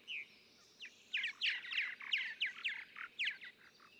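Purple martin song: a single chirp, a short gap, then a quick string of about ten gurgling notes.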